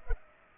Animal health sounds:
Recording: mosquito wingbeat signal from an infrared sensor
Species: Culex pipiens

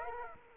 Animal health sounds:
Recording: mosquito wingbeat signal from an infrared sensor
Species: Aedes aegypti

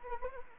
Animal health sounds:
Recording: mosquito wingbeat signal from an infrared sensor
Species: Anopheles arabiensis

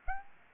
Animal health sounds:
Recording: mosquito wingbeat signal from an infrared sensor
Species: Aedes aegypti

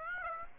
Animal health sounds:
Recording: mosquito wingbeat signal from an infrared sensor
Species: Aedes aegypti

